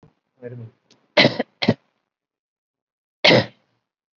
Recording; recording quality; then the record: shallow voluntary cough; excellent, no background noise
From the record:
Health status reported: COVID-19 positive, moderate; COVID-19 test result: positive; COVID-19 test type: RT-PCR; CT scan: not taken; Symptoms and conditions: cough, cold, breathing difficulty, fever, fatigue, muscle pain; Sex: female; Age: 74 years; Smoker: no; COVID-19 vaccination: none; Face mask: not worn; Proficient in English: no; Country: India